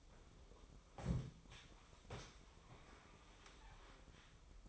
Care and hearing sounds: daily activity, microphone in the room; sit down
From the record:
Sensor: 1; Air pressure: 1005.1 hPa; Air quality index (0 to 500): 123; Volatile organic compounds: 5 ppm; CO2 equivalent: 1724 ppm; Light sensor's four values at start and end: 10/25/10/11 and 11/26/10/11

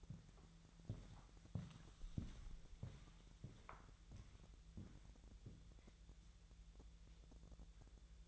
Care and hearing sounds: daily activity, microphone in the room; walk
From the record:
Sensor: 3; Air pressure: 1002.0 hPa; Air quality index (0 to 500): 243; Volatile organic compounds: 113 ppm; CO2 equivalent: 3838 ppm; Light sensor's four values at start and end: 8/20/8/9 and 9/20/8/9

